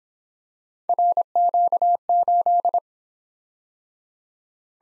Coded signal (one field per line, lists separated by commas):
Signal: Morse code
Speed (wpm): 25 wpm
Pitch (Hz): 700 Hz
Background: none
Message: RQ8